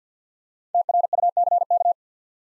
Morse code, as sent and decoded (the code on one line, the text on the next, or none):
- .-. ..- -.-. -.-
TRUCK